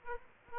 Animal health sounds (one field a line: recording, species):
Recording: mosquito wingbeat signal from an infrared sensor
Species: Aedes aegypti